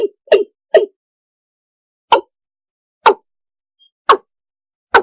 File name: tieng ga dong